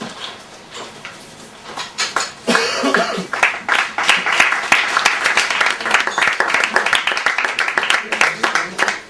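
An audience breaks into applause, starting with a few scattered claps and quickly swelling into a dense, steady patter of many hands clapping that holds loud to the end.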